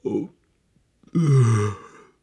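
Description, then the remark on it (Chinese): A performed yawn of the character Ron from Harry Potter: a brief breathy vocal burst, a short pause, then a long drawn-out voiced yawn that slides downward in pitch before fading, with no words spoken. “罗恩打着哈欠说。”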